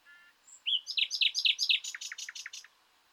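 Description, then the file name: Common nightingale song: faint whistled notes, then a loud, rhythmic series of ringing repeated notes dropping into lower chopped notes. "Luscinia megarhynchos"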